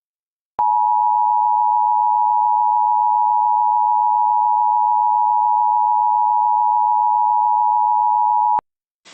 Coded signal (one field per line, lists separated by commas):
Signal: Emergency Alert System (SAME) tones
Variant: 853 and 960 Hz attention tone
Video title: (EAS MOCK) Severe Thunderstorm Warning for Massachusetts on Boston's WDDF 14